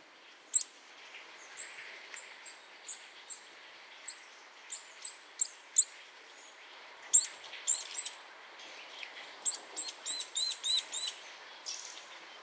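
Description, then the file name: Eurasian nuthatch calling: a series of thin, very high, clipped notes repeated irregularly, some coming in quicker runs. "Sitta europaea"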